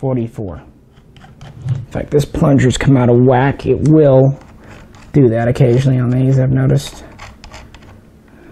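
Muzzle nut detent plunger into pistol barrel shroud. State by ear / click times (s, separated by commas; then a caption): not seated / none. A man talks while handling the spring-loaded detent plunger that holds the muzzle nut on an ATI GSG MP40 9mm replica pistol, working to push it back into its seat in the barrel shroud after it popped out of place. Faint sharp ticks and handling noises come between and after his words. The plunger has not snapped back into place yet, and nothing has seated or clicked.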